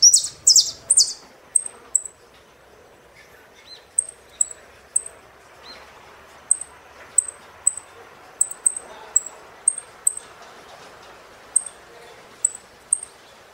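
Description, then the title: Saffron finch: a burst of loud, buzzy, high phrases at the start, then many scattered thin chip notes. "Jilguero Argentino"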